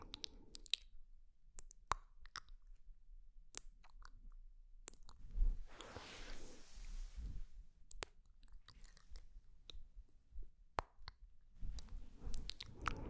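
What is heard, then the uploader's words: Wet mouth sounds for ASMR: irregular clicks, smacks and squishy chewing noises scattered through the clip. Sharp bright clicks pop every second or so, and from about 5.5 to 7.5 seconds a denser hissing, crackly wet stretch swells before the sparse clicking returns. TINGLY MOUTH SOUNDS ASMR.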